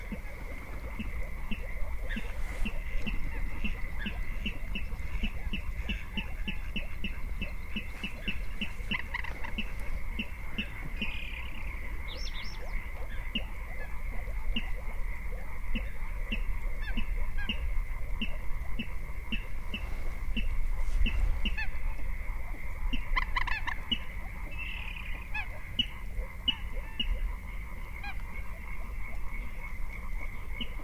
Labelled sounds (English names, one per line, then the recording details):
Water Rail
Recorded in the wild
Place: Kützerhof, Kummerower See, Mecklenburg-Vorpommern, DE
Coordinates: 53.8561, 12.8611
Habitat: wetland
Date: 2010-04-13 22:45
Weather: klare Nacht, 8°C, windstill
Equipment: Sound Devices 702, zwei Sennheiser MKH 40, Rycote Windschutz
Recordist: Frommolt, Karl-Heinz